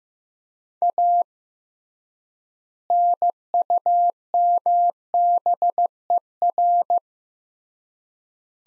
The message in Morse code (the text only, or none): A NUMBER